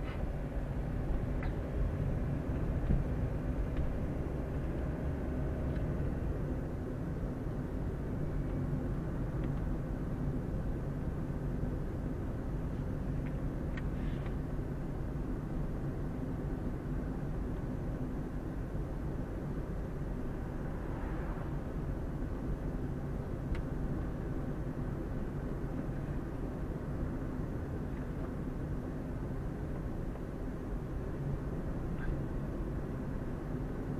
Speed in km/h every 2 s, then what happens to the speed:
24, 27, 30, 32, 32, 31, 31, 31, 32, 32, 32, 32, 33, 33, 32, 32, 33.
0-6 speeds up to 32. 6-34 steady at about 32.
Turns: none.